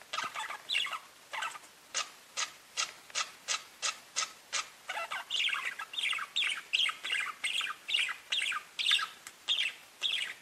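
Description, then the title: Budgerigar calls, short sharp chirps repeated about twice a second, shifting into warbling scratchy chatter in the second half. "Budgie Sounds"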